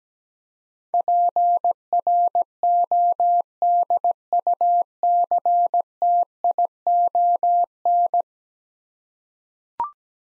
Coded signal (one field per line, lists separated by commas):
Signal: Morse code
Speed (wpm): 17 wpm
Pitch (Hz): 700 Hz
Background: none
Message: PRODUCTION